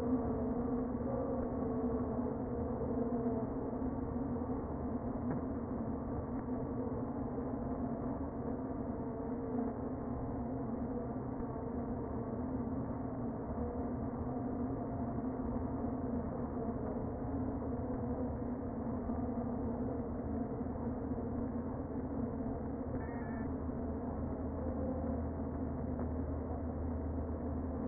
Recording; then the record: honeybee colony, microphone inside the hive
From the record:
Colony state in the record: queen present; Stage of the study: before two queens were removed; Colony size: about 60,000 bees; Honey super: yes